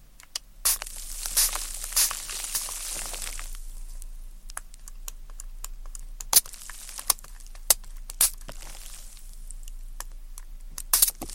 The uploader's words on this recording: ASMR Tingly Tascam Triggers Ear Cleaning, Tweezers, Sticky Sounds, Spray Bottle (No Talking).